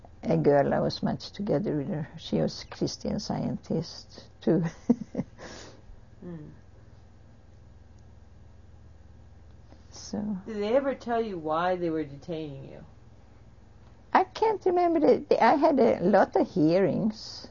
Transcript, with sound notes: a girl. I was bunched together with her. She was a Christian Scientist, too. ( she laughs )
Did they ever tell you why they were detaining you?
I can't remember the, I had a lot of hearings,